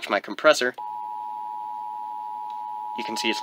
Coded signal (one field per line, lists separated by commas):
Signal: Emergency Alert System (SAME) tones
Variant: 853 and 960 Hz attention tone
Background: speech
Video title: The basics on setting up a SAGE EAS Encoder (The quick and dirty way)